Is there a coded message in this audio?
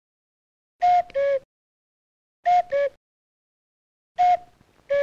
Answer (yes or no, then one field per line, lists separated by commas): no